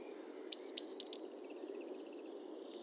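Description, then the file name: Eurasian blue tit singing: a pair of piercing high notes followed by a long, rapid trill of evenly spaced pulses, gently descending, with a soft low rumble behind. "Cyanistes caeruleus 311018"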